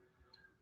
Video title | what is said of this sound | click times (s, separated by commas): Tamiya RC Build updates!! And A Team Associated B4 ??!!?? | with a little click there we've got some nice big shocks | 0.3 s